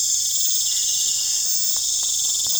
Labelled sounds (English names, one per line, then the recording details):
none
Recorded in pastures near Puerto Asís, Putumayo, Colombia, on 16 December 2024 at 19:30
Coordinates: 0.466, -76.322
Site G040